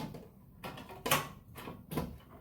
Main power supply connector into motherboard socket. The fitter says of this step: Donc, on vient y mettre comme ça. On entend le clac et c'est bon.